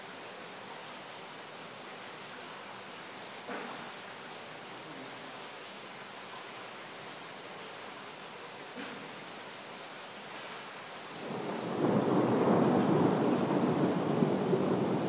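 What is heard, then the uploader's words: Rain falls as a soft, steady hiss for most of the clip, with small splashes or knocks near 3.5 and 9 seconds. At about 11 seconds the sound swells into a louder, fuller rush, as if the downpour intensifies, and it stays that way to the end. Rain at Berlin.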